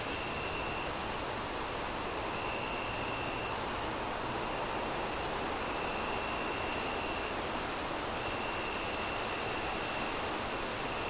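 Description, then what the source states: Regular short cricket chirps, a little over two per second, run through the whole stretch against steady wind rush and a thin high tone. Crickets chirping at night with wind howling through trees.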